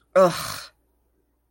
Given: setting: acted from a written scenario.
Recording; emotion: vocal sound without words; anger